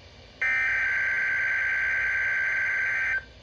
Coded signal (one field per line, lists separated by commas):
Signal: Emergency Alert System (SAME) tones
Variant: header bursts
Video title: NOAA Weather Radio - Severe Thunderstorm Watch #303 [EAS #180] (6/2/22)